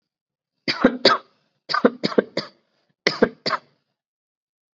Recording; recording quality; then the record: shallow voluntary cough; excellent, no background noise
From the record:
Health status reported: COVID-19 positive, mild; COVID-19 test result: positive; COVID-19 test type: rapid antigen test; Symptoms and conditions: cough, sore throat, fever, fatigue, muscle pain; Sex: male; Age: 30 years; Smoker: yes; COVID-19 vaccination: both doses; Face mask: worn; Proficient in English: yes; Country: India